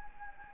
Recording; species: mosquito wingbeat signal from an infrared sensor; Anopheles gambiae